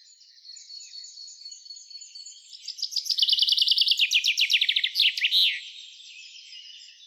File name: Fringilla coelebs